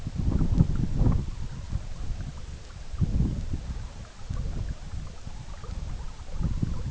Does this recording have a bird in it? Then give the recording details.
no. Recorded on Arctic tundra, site EABA-MC, on 20 June 2019. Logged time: 14:00